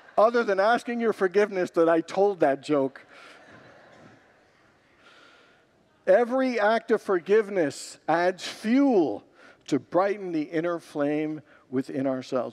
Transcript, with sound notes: other than asking your forgiveness that I told that joke. [Congregants laugh] Every act of forgiveness adds fuel to brighten the inner flame within ourselves.